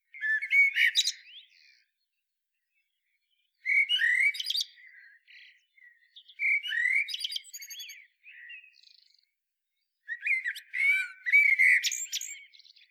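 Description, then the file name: Common blackbird song: four phrases a few seconds apart, each opening with mellow whistles and breaking into scratchy high-pitched twittering flourishes. "Turdus merula"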